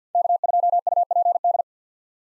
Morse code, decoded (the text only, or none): K2UPD